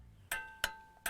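A click-type torque wrench set to 65 ft-lb tightens a bolted fastener until it reaches the setting, giving sharp metallic clicks at 0.3 s and 0.6 s that ring with bright overtones. A third similar click follows near 1.1 s. The wrench is confirmed to click at its setting, an audible click that can also be felt in the handle.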